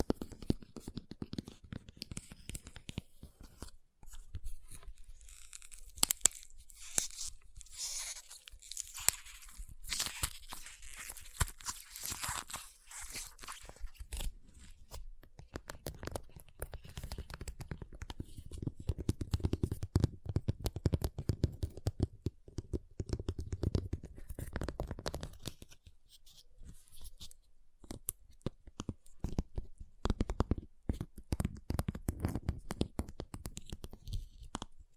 Ice Tapping, Scratching, Carving Sounds